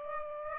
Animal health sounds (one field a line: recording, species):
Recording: mosquito wingbeat signal from an infrared sensor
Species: Aedes aegypti